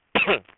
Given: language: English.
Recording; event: throat vibration sensor signal played as sound; cough